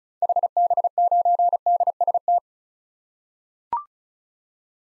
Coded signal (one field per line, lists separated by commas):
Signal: Morse code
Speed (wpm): 36 wpm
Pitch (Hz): 700 Hz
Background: none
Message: HB9DST